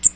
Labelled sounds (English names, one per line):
Cape May Warbler flight call